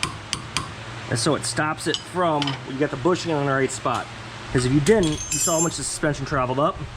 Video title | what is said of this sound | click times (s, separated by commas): 300ZX - Rear Suspension Upgrade Part 2 - SPC Performance Rear Toe Arm Link - Install - Passengers | the reason you do this nope there's a click | 0.0 s